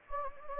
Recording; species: mosquito wingbeat signal from an infrared sensor; Anopheles gambiae